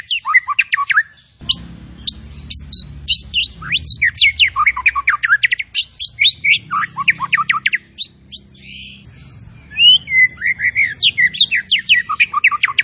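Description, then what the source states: Zebra finch song, a long rapid stream of varied high chirps, trills and downslurred whistles with brief pauses, with a low hum from about a second and a half onward. Actively singing (gacor) songbird, locally called burung tembakan, used for tutoring (masteran).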